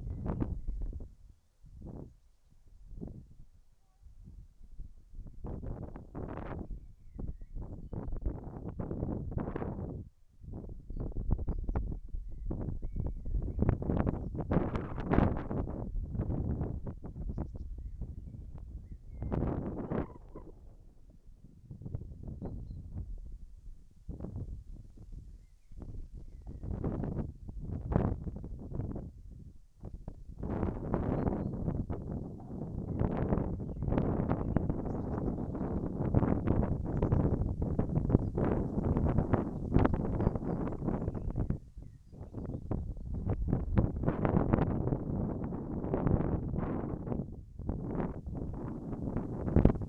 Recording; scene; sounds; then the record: everyday scene through a hearing-aid microphone; wind on the microphone; wind, whistling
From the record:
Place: in front of a rural house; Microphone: behind the ear, left, front